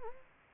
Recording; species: mosquito wingbeat signal from an infrared sensor; Anopheles gambiae